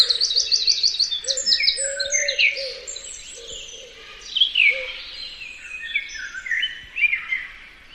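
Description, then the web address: Bird calls: rapid high twittering notes at first, then slurred whistles and chirps from several birds, over a soft low cooing that repeats in short phrases. "cianscape. Bird Only"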